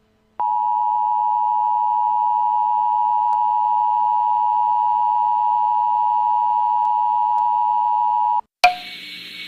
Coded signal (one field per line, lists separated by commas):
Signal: Emergency Alert System (SAME) tones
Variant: 853 and 960 Hz attention tone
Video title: EAS Scenario Tornado Alley’s Secret